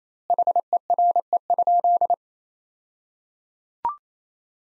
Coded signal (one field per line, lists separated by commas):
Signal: Morse code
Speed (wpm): 28 wpm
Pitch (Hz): 700 Hz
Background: none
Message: HERE?